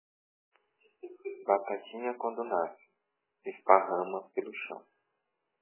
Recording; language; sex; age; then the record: short text; Brazilian Portuguese; male; 40 to 49 years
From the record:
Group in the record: control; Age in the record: 40 years